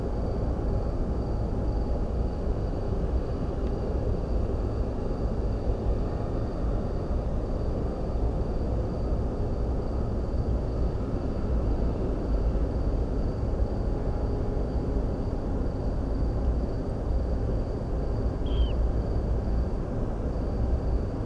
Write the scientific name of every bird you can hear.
Calidris alpina